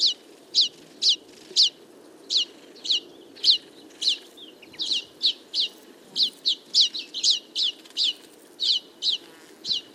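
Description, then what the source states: Common Linnet calls: rapid bright chirps in quick series, sometimes doubled, continuing steadily for ten seconds over a faint low background hum. Flock of about fifty feeding in a field, late summer; calls, flight calls and autumn babbling; recorded for an hour with a mono parabolic microphone.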